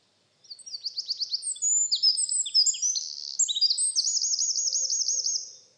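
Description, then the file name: Eurasian wren song: a rapid outpouring of high, sharp notes, starting with quick ticking phrases and ending in a fast, rattling trill. "Troglodytes troglodytes"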